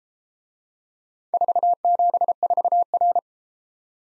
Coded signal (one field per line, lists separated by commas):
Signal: Morse code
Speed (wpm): 32 wpm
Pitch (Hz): 700 Hz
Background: none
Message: 474R